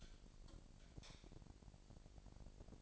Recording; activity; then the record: daily activity, microphone in the room; light off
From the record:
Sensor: 5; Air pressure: 1012.0 hPa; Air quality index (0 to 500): 246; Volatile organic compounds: 4 ppm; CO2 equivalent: 1700 ppm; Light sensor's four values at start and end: 42/101/41/44 and 41/95/39/42